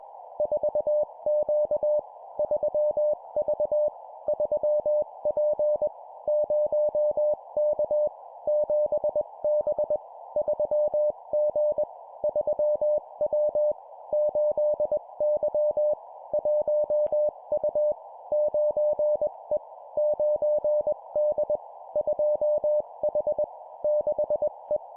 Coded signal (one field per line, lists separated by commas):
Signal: Morse code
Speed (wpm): 20 wpm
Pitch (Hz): 600 Hz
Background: none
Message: 4Q 3V 3P 0K 7B 3G 3W 8Y 1U 9E 9D 2H 6E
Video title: 20wpm Two number letter words, CW morse code Copy Speed improvement